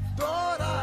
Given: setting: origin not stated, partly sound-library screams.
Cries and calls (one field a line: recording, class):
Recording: one-second piece from a danger detection set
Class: normal situation